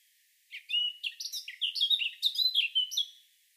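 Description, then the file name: Eurasian blackcap song: a rapid warbled phrase of varied chirping notes jumping between mid and high pitches, running nearly three seconds without pause. "Sylvia atricapilla"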